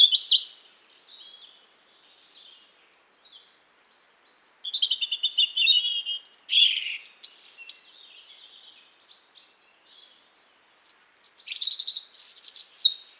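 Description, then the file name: European robin singing high, varied warbling phrases with sharp twittering notes, loud bursts near the start, middle and end, softer rambling notes between them. "Erithacus rubecula"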